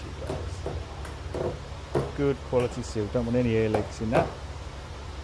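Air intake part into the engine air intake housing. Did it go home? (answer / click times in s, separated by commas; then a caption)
no / none. An air intake part is handled at the engine air intake housing of a BMW E36 328i M-Sport during an engine service, after its seal is checked for air leaks. Someone talks over faint handling noises. Nothing has seated or clicked yet.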